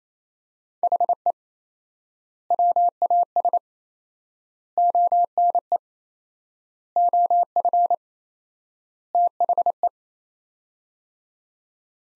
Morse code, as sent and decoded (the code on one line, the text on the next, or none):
.... . / .-- .- ... / --- -. . / --- ..-. / - .... .
HE WAS ONE OF THE